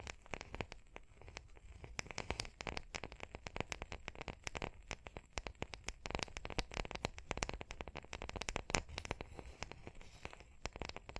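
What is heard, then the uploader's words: Dense, irregular tapping and scratching runs throughout, sharp clicks arriving in rapid uneven bursts over a faint steady hiss, like crackle or rain. Tapping and Scratching (No Talking).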